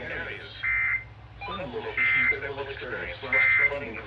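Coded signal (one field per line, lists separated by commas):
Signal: Emergency Alert System (SAME) tones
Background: speech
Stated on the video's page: Real flash flood warning received on a NOAA weather radio station and several FM stations.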